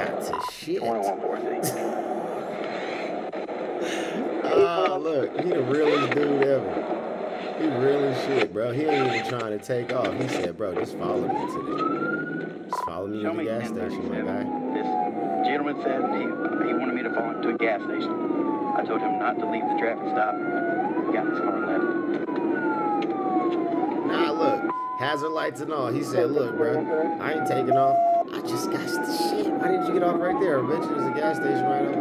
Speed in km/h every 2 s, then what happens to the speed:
0, 0, 0, 0, 24, 34, 53, 71, 72, 76, 76, 71, 69, 74, 76, 76.
0-6 standing. 6-18 pulls away to 76. 18-32 steady at about 76.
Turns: none.